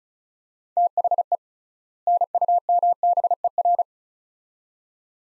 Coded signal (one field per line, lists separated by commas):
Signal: Morse code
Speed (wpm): 34 wpm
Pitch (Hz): 700 Hz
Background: none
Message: THE NUMBER